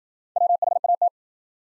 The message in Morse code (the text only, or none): WHAT